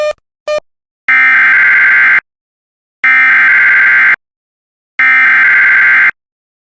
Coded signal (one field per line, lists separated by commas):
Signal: Emergency Alert System (SAME) tones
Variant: header bursts